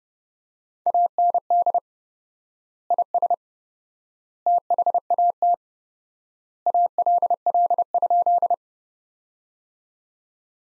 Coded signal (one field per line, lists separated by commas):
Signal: Morse code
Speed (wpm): 32 wpm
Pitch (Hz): 700 Hz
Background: none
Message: AND IS THAT ALL?